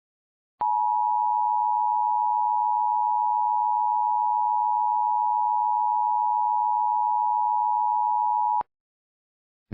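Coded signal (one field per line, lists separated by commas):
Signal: Emergency Alert System (SAME) tones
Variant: 853 and 960 Hz attention tone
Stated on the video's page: Fictional mock required monthly test using valid SAME tones.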